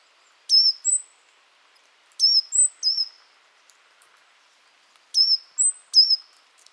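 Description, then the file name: Eurasian blue tit calling in three groups of thin, high, sliding notes, the first group of two notes and the others of three. "Cyanistes caeruleus"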